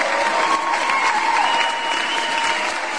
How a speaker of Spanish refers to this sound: Lo felicito, me pongo de pie y aplaudo por él porque también, mire, es puras noticias buenas, ¿no?